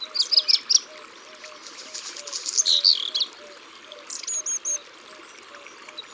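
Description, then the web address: Black redstart song: quick high whistled notes, a scratchy crackling burst near three seconds, then a short run of clear notes, over a steady low pip repeating throughout. "Rougequeue-noir abc-de-la-nature"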